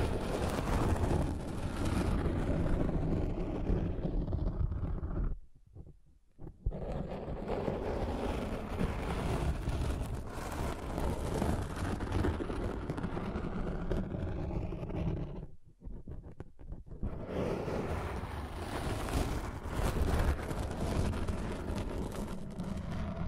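Dense, rough scratching and tracing runs continuously with a low rumbling edge, breaking off into brief silences near six and sixteen seconds.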